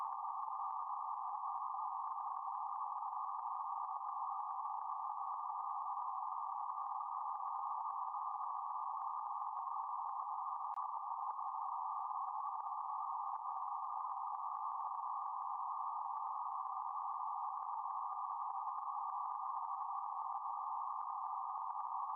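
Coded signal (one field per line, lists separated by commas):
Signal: PSK31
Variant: BPSK31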